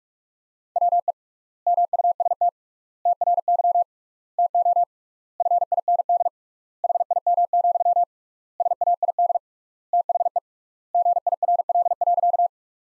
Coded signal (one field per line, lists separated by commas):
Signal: Morse code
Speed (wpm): 42 wpm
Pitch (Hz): 700 Hz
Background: none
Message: WE MUST TRY TO FIND HIM, SAID THE GIRL.